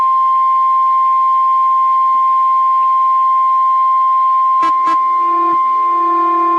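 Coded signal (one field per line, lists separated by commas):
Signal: Emergency Alert System (SAME) tones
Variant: 1050 Hz attention tone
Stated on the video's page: Real required weekly test from NOAA weather radio station.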